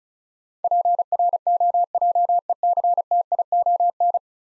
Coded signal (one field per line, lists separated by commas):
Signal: Morse code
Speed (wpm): 36 wpm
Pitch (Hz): 700 Hz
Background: none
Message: PROJECTION